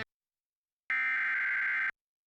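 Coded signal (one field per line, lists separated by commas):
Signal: Emergency Alert System (SAME) tones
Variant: header bursts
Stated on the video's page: Severe Thunderstorm Warning alert tones carried on a television station's digital subchannel.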